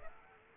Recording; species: mosquito wingbeat signal from an infrared sensor; Aedes aegypti